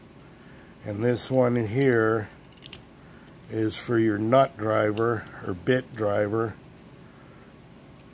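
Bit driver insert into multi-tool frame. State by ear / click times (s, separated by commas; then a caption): not seated / none. A nut and bit driver insert is handled at its slot in the metal frame of a 2020 Winchester Winframe multi-tool while someone talks. Two faint, very brief ticks are heard around 2.7 seconds between the speech. Nothing has seated or clicked yet; the clip ends before the insert goes home.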